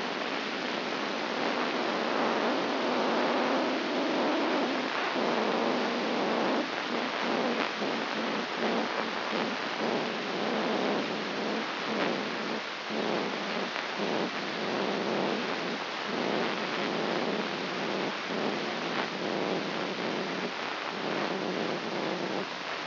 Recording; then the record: brain microelectrode recording played as sound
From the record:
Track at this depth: inside the subthalamic nucleus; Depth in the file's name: 5.314 mm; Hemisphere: left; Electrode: 3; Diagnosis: Parkinson's disease